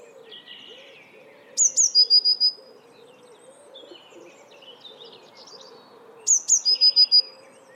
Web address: cianscape birddata Deverinetal 2025 File origin Bird Only Cy Ca